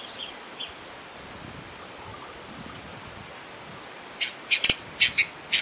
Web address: Hyacinth visorbearer. صدای-پرنده-آفتابگیر-سنبلی